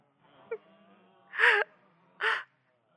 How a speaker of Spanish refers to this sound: Llevan horas aporreando la puerta. Me van a volver loca. Por los gemidos que se oyen. Deben ser muchísimos.